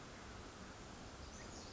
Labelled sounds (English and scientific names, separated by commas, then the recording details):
Pacific Wren (Troglodytes pacificus)
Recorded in Sonoma County, California